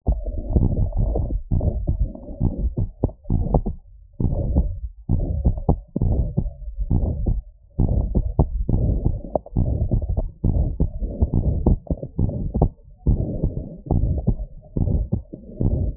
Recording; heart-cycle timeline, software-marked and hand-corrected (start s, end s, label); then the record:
heart sounds
0.00	0.52	diastole
0.52	0.70	S1
0.70	0.80	systole
0.80	0.92	S2
0.92	1.58	diastole
1.58	1.74	S1
1.74	1.84	systole
1.84	1.96	S2
1.96	2.44	diastole
2.44	2.54	S1
2.54	2.62	systole
2.62	2.72	S2
2.72	3.32	diastole
3.32	3.46	S1
3.46	3.52	systole
3.52	3.64	S2
3.64	4.26	diastole
4.26	4.40	S1
4.40	4.52	systole
4.52	4.68	S2
4.68	5.20	diastole
5.20	5.36	S1
5.36	5.42	systole
5.42	5.54	S2
5.54	6.08	diastole
6.08	6.26	S1
6.26	6.36	systole
6.36	6.46	S2
6.46	7.00	diastole
7.00	7.14	S1
7.14	7.24	systole
7.24	7.38	S2
7.38	7.92	diastole
7.92	8.08	S1
8.08	8.14	systole
8.14	8.24	S2
8.24	8.78	diastole
8.78	8.94	S1
8.94	9.04	systole
9.04	9.14	S2
9.14	9.64	diastole
9.64	9.80	S1
9.80	9.90	systole
9.90	10.02	S2
10.02	10.54	diastole
10.54	10.68	S1
10.68	10.78	systole
10.78	10.88	S2
10.88	11.44	diastole
11.44	11.58	S1
11.58	11.64	systole
11.64	11.78	S2
11.78	12.24	diastole
12.24	12.36	S1
12.36	12.42	systole
12.42	12.52	S2
12.52	13.08	diastole
13.08	13.20	S1
13.20	13.28	systole
13.28	13.38	S2
13.38	13.92	diastole
13.92	14.04	S1
14.04	14.10	systole
14.10	14.22	S2
14.22	14.78	diastole
14.78	14.90	S1
14.90	14.96	systole
14.96	15.06	S2
15.06	15.66	diastole
15.66	15.80	S1
15.80	15.84	systole
15.84	15.94	S2
15.94	15.97	diastole
From the record:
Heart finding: abnormal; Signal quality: good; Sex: female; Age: 66 years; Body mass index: 28.3